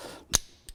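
A red positive wire connector with a hook on its bottom is pushed into the round end of a power harness socket on a boat. It gives a sharp click at 0.4 s, followed by a fainter tick at 0.7 s. The connector is seated and super tight, so it can't come back out.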